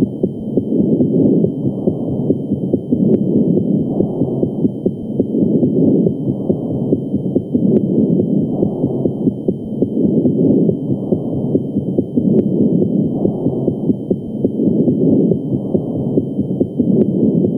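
Bronchial breath sounds heard over an adult chest with a stethoscope: loud, harsh, hollow breathing with roughly 13 breath cycles per minute.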